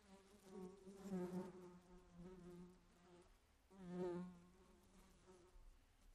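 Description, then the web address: Fly humming steadily, the low drone swelling loud twice and easing off between swells. "flies"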